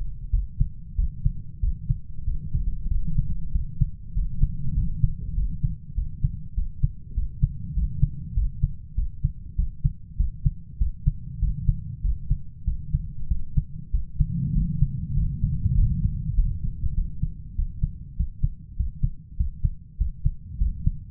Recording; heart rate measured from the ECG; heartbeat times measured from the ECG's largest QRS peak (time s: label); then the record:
heart sounds by stethoscope; 98 bpm
0.34 s: heartbeat
0.99 s: heartbeat
1.63 s: heartbeat
2.27 s: heartbeat
2.91 s: heartbeat
3.55 s: heartbeat
4.17 s: heartbeat
4.77 s: heartbeat
5.38 s: heartbeat
5.97 s: heartbeat
6.57 s: heartbeat
7.17 s: heartbeat
7.77 s: heartbeat
8.37 s: heartbeat
8.98 s: heartbeat
9.58 s: heartbeat
10.20 s: heartbeat
10.81 s: heartbeat
11.42 s: heartbeat
12.04 s: heartbeat
12.67 s: heartbeat
13.31 s: heartbeat
13.94 s: heartbeat
14.56 s: heartbeat
15.17 s: heartbeat
15.77 s: heartbeat
16.37 s: heartbeat
16.97 s: heartbeat
17.58 s: heartbeat
18.19 s: heartbeat
18.79 s: heartbeat
19.39 s: heartbeat
20.00 s: heartbeat
20.60 s: heartbeat
From the record:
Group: healthy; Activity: rest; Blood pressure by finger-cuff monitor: 151/82 mmHg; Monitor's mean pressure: 101 mmHg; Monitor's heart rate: 98 bpm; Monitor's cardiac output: 8.1 L/min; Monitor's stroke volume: 81 mL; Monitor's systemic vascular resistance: 910 dyn s/cm5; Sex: male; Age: 21 years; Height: 175 cm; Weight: 72.6 kg